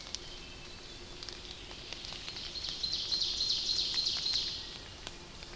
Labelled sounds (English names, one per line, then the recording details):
Ovenbird song
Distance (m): 95 m
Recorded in boreal forest in Alberta, Canada, on 29 May 2016 at 06:18
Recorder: SongMeter 3, array SBT-3-49
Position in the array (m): 115 m, 234 m
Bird 14